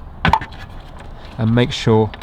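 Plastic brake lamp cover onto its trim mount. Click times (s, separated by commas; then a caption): 0.2 s. A plastic brake lamp cover on a 2021 Citroen C3, triangle-shaped with its long flat side at the bottom, is pressed down onto its trim mount and clips in with a sharp, loud snap at 0.3 s, followed by a smaller click. Afterward, someone talks. The cover is seated.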